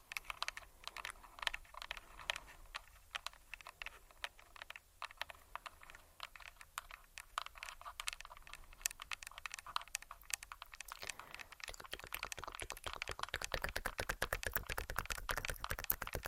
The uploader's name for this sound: Tingly TkTk & Tapping On Tascam (Long Nails)